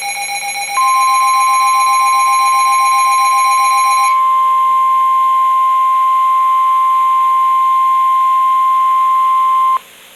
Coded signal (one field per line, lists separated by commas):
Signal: Emergency Alert System (SAME) tones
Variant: 1050 Hz attention tone